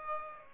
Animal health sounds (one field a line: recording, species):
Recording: mosquito wingbeat signal from an infrared sensor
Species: Aedes aegypti